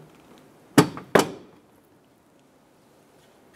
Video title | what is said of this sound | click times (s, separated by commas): How to Replace Performance Projector Headlights 2011-2018 Ram 1500 | that's in there we're going to push our headlamp straight back and it should snap into place | 0.8 s, 1.1 s